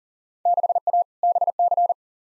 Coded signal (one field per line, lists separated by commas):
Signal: Morse code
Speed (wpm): 40 wpm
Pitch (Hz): 700 Hz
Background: none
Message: 6A BC